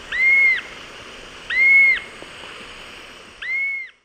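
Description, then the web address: Bluish-fronted jacamar calls: three clear, slightly arched whistled notes about half a second long, spaced irregularly, over a steady hiss of background noise. A pair calling; eastern lowlands of South America. "Natures Songs S America Eastern Lowlands. Galbula chalcothorax, calls pair"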